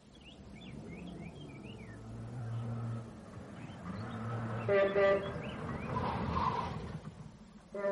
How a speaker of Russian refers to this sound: Ой, сейчас машина въедет в ворота, и мне нужно бежать